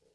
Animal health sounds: pig call; piglet (1 to 25 days)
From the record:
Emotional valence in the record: positive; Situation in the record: short reunion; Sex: male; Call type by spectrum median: low-frequency call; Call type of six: low-frequency stable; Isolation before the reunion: 3 minutes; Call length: 0.16 s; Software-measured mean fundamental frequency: 51 Hz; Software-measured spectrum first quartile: 428 Hz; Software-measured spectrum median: 1134 Hz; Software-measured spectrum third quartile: 8368 Hz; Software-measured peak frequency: 457 Hz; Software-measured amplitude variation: 146 dB a second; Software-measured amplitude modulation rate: 12.7 a second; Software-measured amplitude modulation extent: 11.5 dB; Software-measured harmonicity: 4.4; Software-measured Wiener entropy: -2.41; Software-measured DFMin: 915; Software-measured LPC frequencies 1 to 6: 474, 1557, 3049, 4411, 5276, 6194 Hz

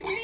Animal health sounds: pig call; weaner (32 to 43 days)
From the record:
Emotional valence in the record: negative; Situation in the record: novel object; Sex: female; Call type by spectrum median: high-frequency call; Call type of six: high-frequency stable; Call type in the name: high-frequency stable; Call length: 0.23 s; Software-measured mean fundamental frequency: 408 Hz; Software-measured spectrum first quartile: 1036 Hz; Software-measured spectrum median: 2377 Hz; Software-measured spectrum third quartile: 5405 Hz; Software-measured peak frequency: 2281 Hz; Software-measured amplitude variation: 112 dB a second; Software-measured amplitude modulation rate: 10.7 a second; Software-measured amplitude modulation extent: 10.4 dB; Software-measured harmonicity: 4.5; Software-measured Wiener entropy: -2.09

